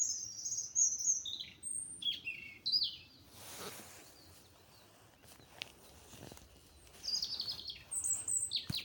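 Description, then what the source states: Bird song of high, bright chirps and quick descending warbled phrases, in bursts at the start and end with a quieter gap between, over low background rumble. Recorded at Olesa de Bonesvalls.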